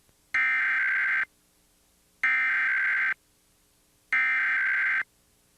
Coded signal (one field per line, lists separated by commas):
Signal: Emergency Alert System (SAME) tones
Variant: header bursts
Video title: Comcast Emergency Alert System - Required Monthly Test (January 26, 2022)